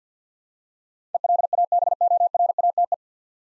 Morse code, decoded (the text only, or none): ELABORATE